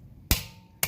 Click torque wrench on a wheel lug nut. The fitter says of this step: just like so and now we're done as soon as you hear the click you're going to stop putting pressure on it